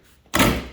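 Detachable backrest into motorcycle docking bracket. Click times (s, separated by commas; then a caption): 0.4 s. A detachable backrest is pushed onto its docking brackets on a 2021 Low Rider S motorcycle. After a quiet moment, a sharp, loud click-thunk hits at 0.4 s and rings out briefly as the backrest latches in. The backrest is seated on its mount.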